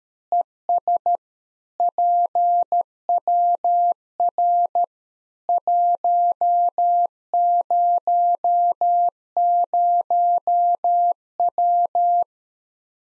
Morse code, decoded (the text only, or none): ES PWR 100W